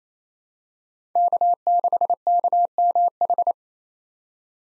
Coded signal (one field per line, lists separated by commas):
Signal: Morse code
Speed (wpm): 28 wpm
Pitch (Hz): 700 Hz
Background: none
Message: K6KMH